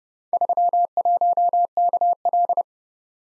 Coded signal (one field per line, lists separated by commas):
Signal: Morse code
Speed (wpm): 30 wpm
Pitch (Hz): 700 Hz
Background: none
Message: 31KL